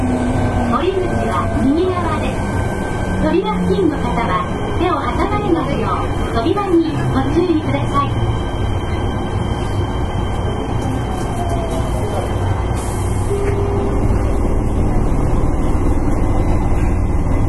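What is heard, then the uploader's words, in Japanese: A Fukuoka City Subway 1000 series train runs with a steady rumble, rising and falling motor whine in the first eight seconds, then continuous rolling noise. 福岡市交通局 1000系電車の走行音です。空港線にて収録。区間は福岡空港から姪浜までです。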